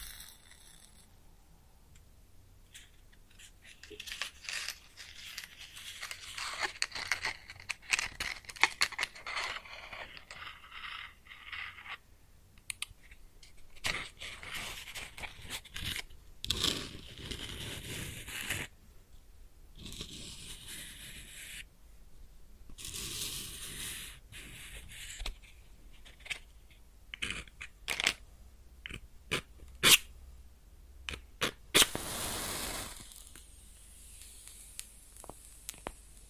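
Matches are struck and burn with dense, irregular crackling that begins after a few quiet seconds and continues throughout. Sharp scraping strikes and brief hissing flares stand out around 16, 23, 30 and 33 seconds, with short sizzles as the flames die.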